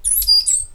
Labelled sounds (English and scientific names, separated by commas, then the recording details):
Stitchbird (Notiomystis cincta) song
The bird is a male
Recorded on Tiritiri Matangi Island, New Zealand, in 2005
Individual 8, of nest box 10